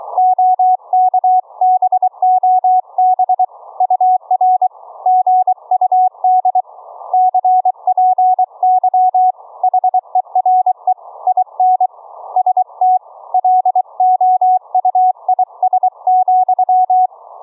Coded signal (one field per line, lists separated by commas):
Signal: Morse code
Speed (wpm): 22 wpm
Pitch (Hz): 740 Hz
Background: none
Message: OK BOB UR GUD CPY HERE IN ST LOUIS,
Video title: Experimental Homebrew Remote Rig CW keying, Remote Rig duplex audio, using an AV Linux LIVE CD